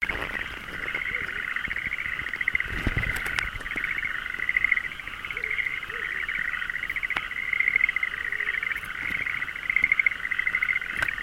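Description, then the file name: Frog chorus of rapid pulsed trills running throughout, with occasional clicks. Recorded on 26 May 2012 with a Shure microphone. "frog shure 20120526"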